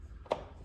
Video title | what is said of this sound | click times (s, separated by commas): How to Set Up Your W&H Piezomed Plus Module - Trigiene - The Game Changer in Piezosurgery | and it fits very securely and clicks into place | 0.3 s